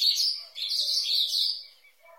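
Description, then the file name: Green-winged saltator singing a continuous, high, warbling phrase that fades toward the end. "canto do bico duro"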